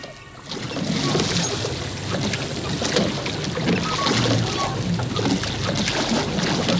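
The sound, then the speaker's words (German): Oars row a boat steadily through water, drifting with the current, giving a continuous splashing, swishing wash with soft rhythmic strokes and a faint low rumble, steady in loudness throughout. “Können wir also aufhören mit Rudern?”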